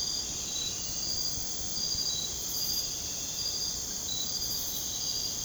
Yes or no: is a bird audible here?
no